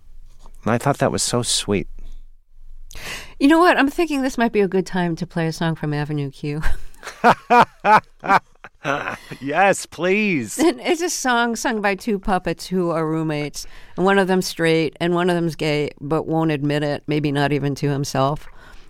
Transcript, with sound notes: And I thought that was so sweet.
You know what? I'm thinking this might be a good time to play a song from "Avenue Q."
(Laughter) Yes, please.
It's a song sung by two puppets, who are roommates. And one of them's straight, and one of them's gay but won't admit it, maybe not even to himself.